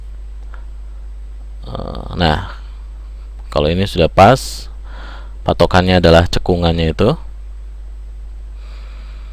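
A memory module is handled and lined up by its notch against a motherboard slot while someone talks. A brief faint tick is heard at about 0.5 s. The clip ends before the module is pressed home, so nothing has seated or clicked yet.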